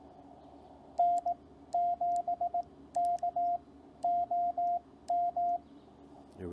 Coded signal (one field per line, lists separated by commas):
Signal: Morse code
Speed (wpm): 18 wpm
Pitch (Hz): 700 Hz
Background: speech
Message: N7KOM